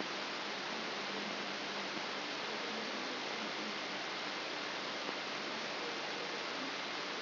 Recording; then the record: brain microelectrode recording played as sound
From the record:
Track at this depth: outside the subthalamic nucleus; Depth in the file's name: 6.101 mm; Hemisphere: left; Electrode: 3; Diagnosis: Parkinson's disease